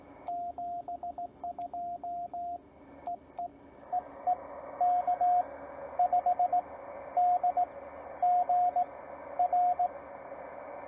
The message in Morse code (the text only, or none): 72 EE EE K5DGR